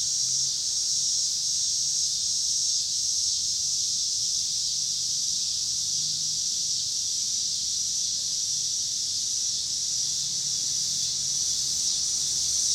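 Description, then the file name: Cicadas drone in a bright, unbroken high hiss over a faint low rumble. Pittsburgh, Pennsylvania, 26 August 2023; recorded with car noise. "cicadas and cars Pittsburgh PA"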